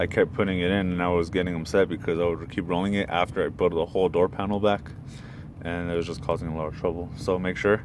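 A plastic window roller clip is handled onto the window regulator of a Saab 95 car door while someone talks almost throughout the clip. Nothing has seated or clicked yet; the clip is still not pressed fully home.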